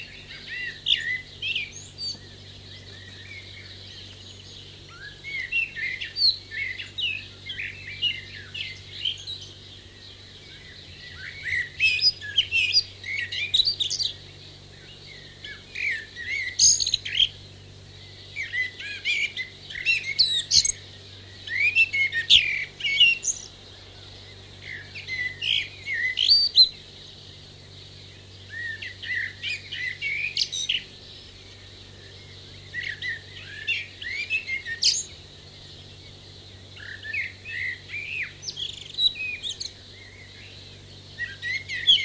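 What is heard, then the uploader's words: A garden dawn chorus with many birds singing at once, bright chirps and trills crowding together in bursts every few seconds throughout. Under the birdsong runs a steady low hum, and a faint pulsing drone repeats regularly in the background. Dawn chorus with blackbirds in the foreground. Adult male blackbird and many other birds giving song in garden surroundings. Source: Department of Conservation (NZ).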